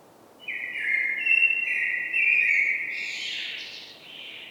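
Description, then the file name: Common blackbird song: a sustained mellow warble that rises into a scratchy, higher twittered ending. "Turdus merula"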